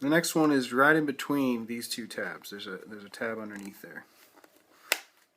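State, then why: Released. Someone talks while a guitar pick is worked between two tabs of the plastic lid enclosure of a Seagate Backup Plus external hard drive. After a couple of faint ticks, the hidden plastic snap tab underneath releases with one sharp, loud snap at 4.9 s, popping open.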